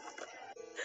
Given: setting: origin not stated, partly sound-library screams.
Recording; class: one-second piece from a danger detection set; woman in danger